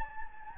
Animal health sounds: mosquito wingbeat signal from an infrared sensor; Anopheles gambiae

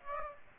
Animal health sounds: mosquito wingbeat signal from an infrared sensor; Aedes aegypti

